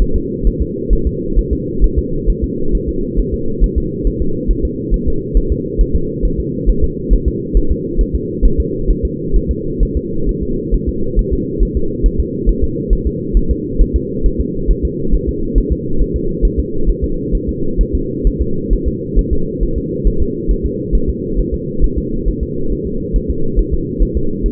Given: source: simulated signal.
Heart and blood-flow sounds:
fetal heart sounds
0.02 s: S1
0.16 s: S2
0.47 s: S1
0.62 s: S2
0.93 s: S1
1.07 s: S2
1.38 s: S1
1.53 s: S2
1.84 s: S1
1.98 s: S2
2.30 s: S1
2.44 s: S2
2.75 s: S1
2.89 s: S2
3.19 s: S1
3.34 s: S2
3.64 s: S1
3.78 s: S2
4.07 s: S1
4.22 s: S2
4.51 s: S1
4.65 s: S2
4.94 s: S1
5.08 s: S2
5.37 s: S1
5.52 s: S2
5.81 s: S1
5.96 s: S2
6.25 s: S1
6.40 s: S2
6.69 s: S1
6.84 s: S2
7.13 s: S1
7.28 s: S2
7.57 s: S1
7.72 s: S2
8.01 s: S1
8.15 s: S2
8.45 s: S1
8.60 s: S2
8.90 s: S1
9.05 s: S2
9.36 s: S1
9.51 s: S2
9.83 s: S1
9.97 s: S2
10.29 s: S1
10.43 s: S2
10.74 s: S1
10.89 s: S2
11.19 s: S1
11.33 s: S2
11.63 s: S1
11.77 s: S2
12.06 s: S1
12.20 s: S2
12.49 s: S1
12.64 s: S2
12.93 s: S1
13.07 s: S2
13.37 s: S1
13.51 s: S2
13.81 s: S1
13.96 s: S2
14.26 s: S1
14.41 s: S2
14.70 s: S1
14.85 s: S2
15.14 s: S1
15.29 s: S2
15.58 s: S1
15.72 s: S2
16.01 s: S1
16.16 s: S2
16.45 s: S1
16.59 s: S2
16.89 s: S1
17.04 s: S2
17.35 s: S1
17.49 s: S2
17.81 s: S1
17.95 s: S2
18.27 s: S1
18.41 s: S2
18.73 s: S1
18.88 s: S2
19.19 s: S1
19.33 s: S2
19.63 s: S1
19.78 s: S2
20.07 s: S1
20.22 s: S2
20.51 s: S1
20.66 s: S2
20.95 s: S1
21.10 s: S2
21.39 s: S1
21.54 s: S2
21.84 s: S1
21.98 s: S2
22.28 s: S1
22.43 s: S2
22.72 s: S1
22.87 s: S2
23.16 s: S1
23.30 s: S2
23.59 s: S1
23.74 s: S2
24.02 s: S1
24.17 s: S2
24.46 s: S1
From the record:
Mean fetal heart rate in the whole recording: 135 bpm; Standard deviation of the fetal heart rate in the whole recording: 3 bpm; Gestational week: 36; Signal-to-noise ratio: -8.1 dB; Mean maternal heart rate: 72 bpm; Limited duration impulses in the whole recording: absent

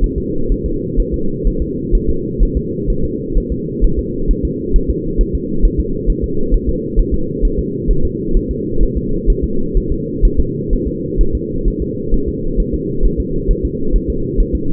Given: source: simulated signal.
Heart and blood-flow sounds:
fetal heart sounds
0.04 s: S1
0.18 s: S2
0.52 s: S1
0.66 s: S2
1.00 s: S1
1.14 s: S2
1.47 s: S1
1.62 s: S2
1.95 s: S1
2.09 s: S2
2.43 s: S1
2.57 s: S2
2.90 s: S1
3.05 s: S2
3.38 s: S1
3.52 s: S2
3.84 s: S1
3.99 s: S2
4.31 s: S1
4.45 s: S2
4.76 s: S1
4.90 s: S2
5.21 s: S1
5.35 s: S2
5.65 s: S1
5.80 s: S2
6.10 s: S1
6.24 s: S2
6.54 s: S1
6.69 s: S2
7.00 s: S1
7.14 s: S2
7.45 s: S1
7.59 s: S2
7.91 s: S1
8.05 s: S2
8.37 s: S1
8.51 s: S2
8.83 s: S1
8.97 s: S2
9.30 s: S1
9.44 s: S2
9.77 s: S1
9.92 s: S2
10.25 s: S1
10.40 s: S2
10.73 s: S1
10.87 s: S2
11.21 s: S1
11.35 s: S2
11.68 s: S1
11.82 s: S2
12.14 s: S1
12.28 s: S2
12.60 s: S1
12.74 s: S2
13.05 s: S1
13.20 s: S2
13.51 s: S1
13.65 s: S2
13.96 s: S1
14.10 s: S2
14.40 s: S1
14.55 s: S2
From the record:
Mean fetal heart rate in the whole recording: 130 bpm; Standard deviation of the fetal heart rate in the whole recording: 4 bpm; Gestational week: 38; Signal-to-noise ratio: -8.1 dB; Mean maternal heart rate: 72 bpm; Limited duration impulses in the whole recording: absent

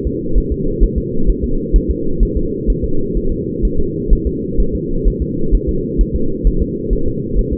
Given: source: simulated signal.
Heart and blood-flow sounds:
fetal heart sounds
0.07 s: S2
0.38 s: S1
0.52 s: S2
0.84 s: S1
0.98 s: S2
1.30 s: S1
1.44 s: S2
1.76 s: S1
1.91 s: S2
2.23 s: S1
2.37 s: S2
2.70 s: S1
2.84 s: S2
3.17 s: S1
3.32 s: S2
3.65 s: S1
3.80 s: S2
4.13 s: S1
4.27 s: S2
4.60 s: S1
4.75 s: S2
5.08 s: S1
5.22 s: S2
5.55 s: S1
5.69 s: S2
6.01 s: S1
6.16 s: S2
6.47 s: S1
6.62 s: S2
6.93 s: S1
7.08 s: S2
7.39 s: S1
7.53 s: S2
From the record:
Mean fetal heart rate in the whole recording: 130 bpm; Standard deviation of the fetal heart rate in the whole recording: 2 bpm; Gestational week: 36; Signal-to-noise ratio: -8.1 dB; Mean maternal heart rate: 72 bpm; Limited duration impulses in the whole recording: absent

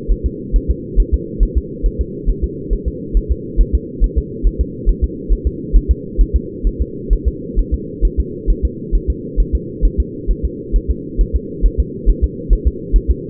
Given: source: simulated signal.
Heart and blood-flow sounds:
fetal heart sounds
0.12 s: S1
0.26 s: S2
0.56 s: S1
0.70 s: S2
1.00 s: S1
1.14 s: S2
1.43 s: S1
1.57 s: S2
1.86 s: S1
2.01 s: S2
2.30 s: S1
2.44 s: S2
2.73 s: S1
2.88 s: S2
3.17 s: S1
3.32 s: S2
3.61 s: S1
3.75 s: S2
4.04 s: S1
4.18 s: S2
4.47 s: S1
4.61 s: S2
4.89 s: S1
5.04 s: S2
5.32 s: S1
5.47 s: S2
5.76 s: S1
5.91 s: S2
6.21 s: S1
6.36 s: S2
6.67 s: S1
6.81 s: S2
7.13 s: S1
7.28 s: S2
7.59 s: S1
7.74 s: S2
8.05 s: S1
8.20 s: S2
8.50 s: S1
8.65 s: S2
8.95 s: S1
9.10 s: S2
9.40 s: S1
9.55 s: S2
9.85 s: S1
10.00 s: S2
10.31 s: S1
10.45 s: S2
10.76 s: S1
10.91 s: S2
11.21 s: S1
11.36 s: S2
11.66 s: S1
11.80 s: S2
12.10 s: S1
12.24 s: S2
12.53 s: S1
12.67 s: S2
12.96 s: S1
13.10 s: S2
From the record:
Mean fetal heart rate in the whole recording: 135 bpm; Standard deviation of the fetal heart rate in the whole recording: 3 bpm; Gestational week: 36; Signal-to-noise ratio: -4.1 dB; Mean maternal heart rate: no maternal heart sound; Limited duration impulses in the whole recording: absent

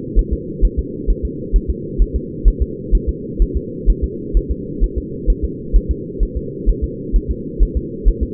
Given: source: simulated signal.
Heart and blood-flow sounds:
fetal heart sounds
0.19 s: S1
0.33 s: S2
0.65 s: S1
0.79 s: S2
1.10 s: S1
1.25 s: S2
1.56 s: S1
1.70 s: S2
2.02 s: S1
2.16 s: S2
2.48 s: S1
2.62 s: S2
2.95 s: S1
3.09 s: S2
3.42 s: S1
3.57 s: S2
3.90 s: S1
4.04 s: S2
4.37 s: S1
4.51 s: S2
4.84 s: S1
4.98 s: S2
5.30 s: S1
5.44 s: S2
5.76 s: S1
5.91 s: S2
6.23 s: S1
6.37 s: S2
6.69 s: S1
6.84 s: S2
7.16 s: S1
7.31 s: S2
7.63 s: S1
7.77 s: S2
8.08 s: S1
8.23 s: S2
From the record:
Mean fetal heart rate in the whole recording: 130 bpm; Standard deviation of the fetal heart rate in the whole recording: 2 bpm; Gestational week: 36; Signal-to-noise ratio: -4.1 dB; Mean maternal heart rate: no maternal heart sound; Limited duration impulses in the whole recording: absent

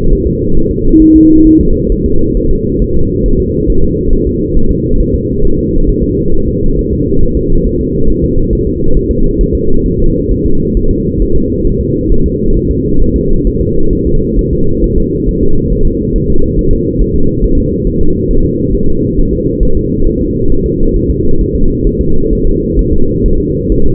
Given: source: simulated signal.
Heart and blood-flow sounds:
fetal heart sounds
0.12 s: S1
0.27 s: S2
0.57 s: S1
0.71 s: S2
1.02 s: S1
1.16 s: S2
1.47 s: S1
1.61 s: S2
1.92 s: S1
2.06 s: S2
2.37 s: S1
2.51 s: S2
2.82 s: S1
2.96 s: S2
3.26 s: S1
3.40 s: S2
3.70 s: S1
3.84 s: S2
4.13 s: S1
4.27 s: S2
4.57 s: S1
4.71 s: S2
5.00 s: S1
5.14 s: S2
5.45 s: S1
5.59 s: S2
5.89 s: S1
6.03 s: S2
6.34 s: S1
6.48 s: S2
6.79 s: S1
6.93 s: S2
7.23 s: S1
7.37 s: S2
7.67 s: S1
7.81 s: S2
8.10 s: S1
8.24 s: S2
8.53 s: S1
8.67 s: S2
8.97 s: S1
9.11 s: S2
9.41 s: S1
9.55 s: S2
9.86 s: S1
10.00 s: S2
10.31 s: S1
10.45 s: S2
10.77 s: S1
10.91 s: S2
11.22 s: S1
11.36 s: S2
11.67 s: S1
11.81 s: S2
12.12 s: S1
12.26 s: S2
12.56 s: S1
12.71 s: S2
13.02 s: S1
13.16 s: S2
13.47 s: S1
13.61 s: S2
13.93 s: S1
14.07 s: S2
14.39 s: S1
14.53 s: S2
14.84 s: S1
14.98 s: S2
15.29 s: S1
15.43 s: S2
15.72 s: S1
15.87 s: S2
16.16 s: S1
16.30 s: S2
16.59 s: S1
16.73 s: S2
17.01 s: S1
17.16 s: S2
17.44 s: S1
17.58 s: S2
17.87 s: S1
18.01 s: S2
18.31 s: S1
18.45 s: S2
18.74 s: S1
18.89 s: S2
19.19 s: S1
19.33 s: S2
19.63 s: S1
19.77 s: S2
20.07 s: S1
20.21 s: S2
20.52 s: S1
20.66 s: S2
20.96 s: S1
21.10 s: S2
21.41 s: S1
21.55 s: S2
21.87 s: S1
22.01 s: S2
22.33 s: S1
22.47 s: S2
22.79 s: S1
22.93 s: S2
23.26 s: S1
23.40 s: S2
23.72 s: S1
23.86 s: S2
From the record:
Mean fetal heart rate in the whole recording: 135 bpm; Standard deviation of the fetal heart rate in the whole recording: 3 bpm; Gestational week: 36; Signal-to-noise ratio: -19.1 dB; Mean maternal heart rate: 72 bpm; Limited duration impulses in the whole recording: present

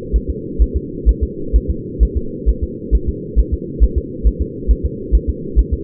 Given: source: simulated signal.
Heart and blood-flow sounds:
fetal heart sounds
0.16 s: S1
0.30 s: S2
0.62 s: S1
0.76 s: S2
1.09 s: S1
1.23 s: S2
1.56 s: S1
1.70 s: S2
2.03 s: S1
2.17 s: S2
2.49 s: S1
2.63 s: S2
2.95 s: S1
3.09 s: S2
3.39 s: S1
3.54 s: S2
3.83 s: S1
3.98 s: S2
4.27 s: S1
4.41 s: S2
4.71 s: S1
4.85 s: S2
5.15 s: S1
5.29 s: S2
5.59 s: S1
5.73 s: S2
From the record:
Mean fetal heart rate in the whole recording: 135 bpm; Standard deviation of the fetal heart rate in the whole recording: 3 bpm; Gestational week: 34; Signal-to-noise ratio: -4.3 dB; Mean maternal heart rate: 72 bpm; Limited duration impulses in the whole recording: absent

